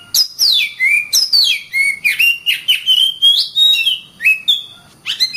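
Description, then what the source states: Oriental magpie-robin singing a continuous stream of sweeping whistles, descending slurs and sharp chips, loud and varied throughout. Kacer master recording.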